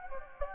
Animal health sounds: mosquito wingbeat signal from an infrared sensor; Anopheles gambiae

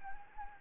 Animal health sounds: mosquito wingbeat signal from an infrared sensor; Anopheles arabiensis

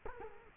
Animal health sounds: mosquito wingbeat signal from an infrared sensor; Culex quinquefasciatus

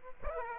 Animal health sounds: mosquito wingbeat signal from an infrared sensor; Aedes aegypti

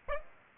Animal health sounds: mosquito wingbeat signal from an infrared sensor; Aedes aegypti

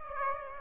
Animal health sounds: mosquito wingbeat signal from an infrared sensor; Aedes aegypti

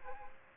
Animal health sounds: mosquito wingbeat signal from an infrared sensor; Aedes aegypti

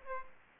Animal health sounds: mosquito wingbeat signal from an infrared sensor; Aedes aegypti

